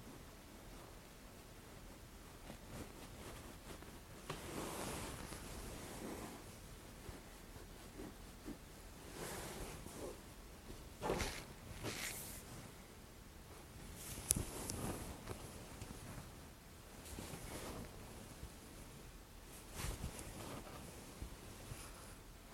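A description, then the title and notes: Sounds of massage and treatment: soft rubbing and swishing strokes come in irregular bursts every few seconds, some smooth and hissy, others with brief scratchy crackles. A low, steady hiss fills the quiet gaps between the strokes. ASMR — Osteo manipulation therapy soothing exam. Sounds of massage and treatment.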